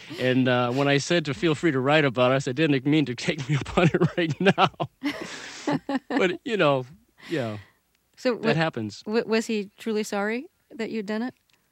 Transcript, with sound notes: and when I said to feel free to write about us, I didn't mean you to take me up on it right now.
(LAUGHTER)
But, you know, yes, that happens.
So what -- was he truly sorry that you'd done it?